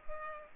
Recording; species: mosquito wingbeat signal from an infrared sensor; Culex pipiens